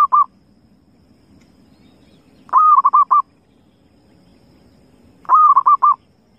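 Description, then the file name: Zebra dove gives two complete staccato cooing phrases about three seconds apart, after the tail of an earlier one, with quiet low noise between. Lure call used for trapping zebra doves. "suara perkutut pikat"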